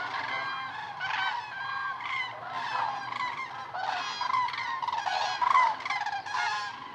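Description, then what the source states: Common crane flock in full voice, loud overlapping trumpeting calls throughout, some sliding in pitch, forming a dense ringing chorus. Flock of common cranes (Grus grus) at a migration stopover, Lac du Der reservoir, eastern France, November; over 200,000 counted; Nagra Seven, MKH8020 stereo.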